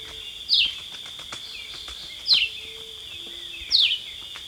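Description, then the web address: Red-eyed vireo singing short, sharp downslurred phrases about every one and a half seconds, with a continuous high insect drone behind them. Recorded in Ecuador, South America. "Natures Songs S America Birds of Ecuador Red-Eyed Vireo"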